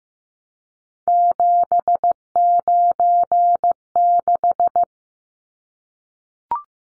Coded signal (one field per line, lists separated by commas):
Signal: Morse code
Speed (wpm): 15 wpm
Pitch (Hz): 700 Hz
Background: none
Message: 796